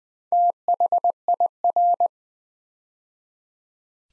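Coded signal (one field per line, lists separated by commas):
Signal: Morse code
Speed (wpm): 20 wpm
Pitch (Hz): 700 Hz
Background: none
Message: THIR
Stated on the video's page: Morse practice set at 20 wpm building 6-letter words two letters at a time for instant character recognition.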